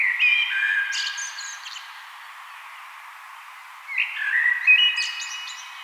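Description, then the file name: Common blackbird giving two rich fluted phrases, each closing with a brief high-pitched chattering flourish, separated by a pause of about two seconds. "Turdus merula"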